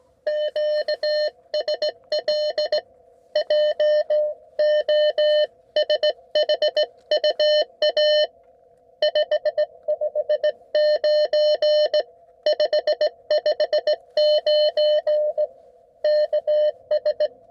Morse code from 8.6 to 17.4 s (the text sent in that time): 559 559 KS